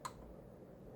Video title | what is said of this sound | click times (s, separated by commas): How to replace CPU In Dell Optiplex 390 SFF. | perfect push it into here click | 0.0 s